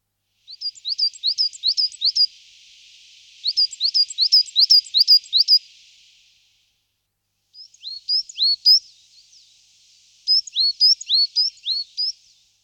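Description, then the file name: Coal tit song with bright, high-pitched repeated note pairs in four bursts of roughly two seconds each, brief gaps between them, faint background hiss. "uhelnicek Parus ater"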